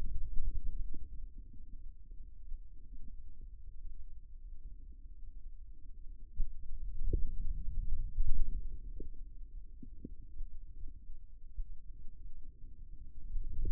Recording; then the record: forearm muscle sounds (acoustic myography)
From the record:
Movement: ulnar deviation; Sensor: system 2, bracelet of six BSWA MPA416 microphones around the upper forearm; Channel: 2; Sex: male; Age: 22 years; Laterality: right